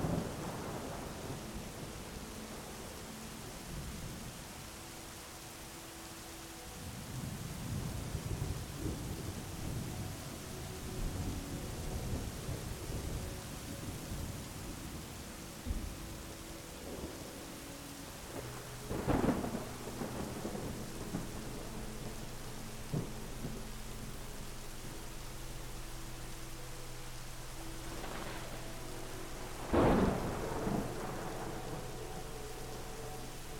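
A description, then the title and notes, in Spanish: A storm with distant thunder rumbling low over a soft, steady hiss of rain. Deep rolls build around seconds 7 to 12, and sharper cracks land near 19 and 30 seconds, while a faint low hum and tonal lines sit underneath throughout. TORMENTA, LLUVIA y MELODÍA. Sumérgete en el cautivador sonido de la tormenta, donde cada relámpago lejano es seguido del suave murmullo de la lluvia.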